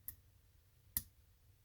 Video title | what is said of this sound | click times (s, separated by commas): Casio EFV-100D-1AVCR: How to change battery & Stem Removal | one or two clicks okay once that's clicked | 0.1 s, 1.0 s